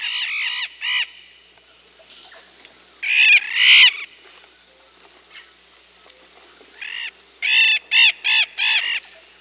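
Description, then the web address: Blue-headed macaw calls: harsh, grating squawks in short bursts of several, separated by quiet gaps, with a continuous thin high whine behind. Recorded in Peru, South America. "Natures Songs S America Blue-headed Macaw"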